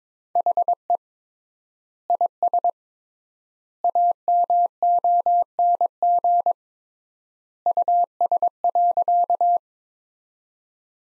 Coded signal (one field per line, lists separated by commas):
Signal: Morse code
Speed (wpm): 22 wpm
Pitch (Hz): 700 Hz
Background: none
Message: HE IS AMONG US.